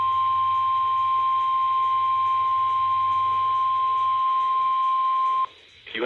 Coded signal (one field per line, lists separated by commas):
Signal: Emergency Alert System (SAME) tones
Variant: 1050 Hz attention tone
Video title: Noon Required Weekly Test on WXK85 | 8/12/20 | EAS 5